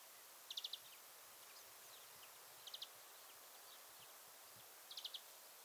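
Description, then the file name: European greenfinch calls, short bursts of three to five quick high chirps repeated every two seconds or so over a steady hiss of background noise. "Chloris chloris"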